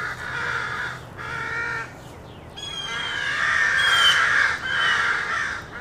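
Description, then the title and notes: Crow caws, a few harsh calls followed by a rapid, louder run of raucous cawing, with bird chirps and low background rumble. Rowdy crows cawing loudly in treetops in an urban park just after sunrise, among other birds, with morning traffic. "Field Recording: The Wild and Raucous Sounds of Crows Cawing in the Treetops. a field recording of rowdy crows loudly cawing in the treetops amidst the sounds of other birds -- and since this was recorded in an urban park -- also you may hear the sounds of morning traffic"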